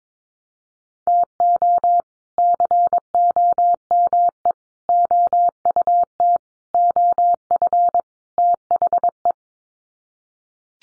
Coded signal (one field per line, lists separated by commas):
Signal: Morse code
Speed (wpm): 22 wpm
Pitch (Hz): 700 Hz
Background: none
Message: TO COME OUT OF THE